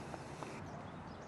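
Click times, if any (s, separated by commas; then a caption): none. A plastic plug on a micro-inverter lead is being handled and pushed toward the connector on the trunk cable under a solar panel, a plug said to snap right in and have a watertight seal. Two brief handling knocks stand out at about 0.1 and 0.4 seconds over steady broadband noise. The clip ends before the plug goes home, so nothing has seated or clicked yet.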